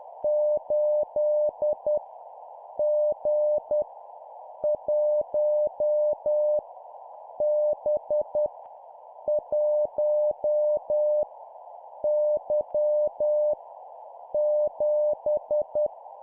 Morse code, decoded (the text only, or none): 8 G 1 B 1 Y 7